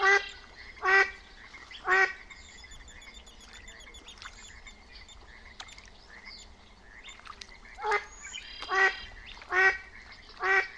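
Loud, rhythmic duck quacks ring out over a spring mountain lake in bursts at the start and end, with soft bird chirps between.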